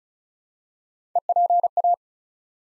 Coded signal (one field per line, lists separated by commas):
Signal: Morse code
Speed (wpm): 34 wpm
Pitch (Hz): 700 Hz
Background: none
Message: EPA